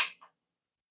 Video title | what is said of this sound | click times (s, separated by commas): EDC: SQT 18 in 1 vs BIBURY 20 in 1 | this clicks into place nice and fine | 0.2 s